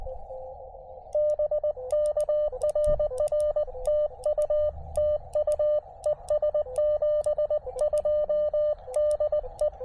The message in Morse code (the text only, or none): BK RR TU TU ES 72 DE